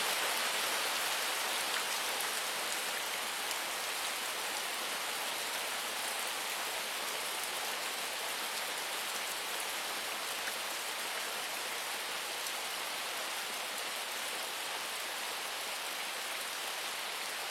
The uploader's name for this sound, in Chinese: 雨林，鸟儿，小溪，水流，下雨